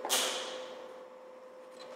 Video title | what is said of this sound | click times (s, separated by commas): MEDICINE in a Nutshell: Pneumatic Dermatome | slide the whole plate forward until you hear a click and then | 0.0 s